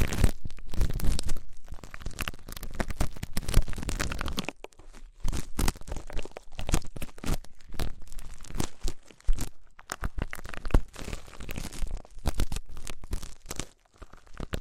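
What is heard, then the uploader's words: Deep ear treatment sounds made of crinkling, crunching and rubbing, dense and rough for the first four and a half seconds. After that the noise breaks into short bursts and scratchy strokes with brief quiet gaps, each burst bright and crackly from low rumble to hiss. ASMR Deep Ear Treatment for Sleep (No Talking).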